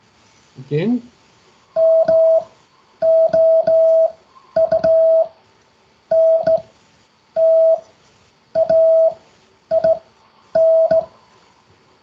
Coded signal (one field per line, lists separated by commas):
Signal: Morse code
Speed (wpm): 18 wpm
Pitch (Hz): 650 Hz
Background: speech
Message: MOUNTAIN